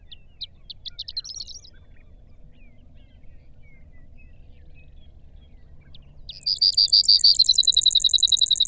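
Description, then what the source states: Brewer's sparrow singing: a brief high trill, a pause of several seconds, then a long buzzy trill that turns into a steady run of rapid notes. Recorded in Sierra Valley in June 2002.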